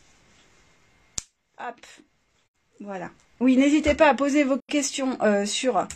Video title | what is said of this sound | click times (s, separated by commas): Live couture challenge Coudre c'est donner -pochette range-masque -partie 2 | affaire là les primes en tout cas on entend bien le clip un d'accord | 1.2 s